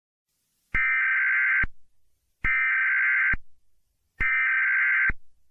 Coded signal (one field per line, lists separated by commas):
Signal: Emergency Alert System (SAME) tones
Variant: header bursts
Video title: EAS Scenario/Mock #13 - Admin/Romeo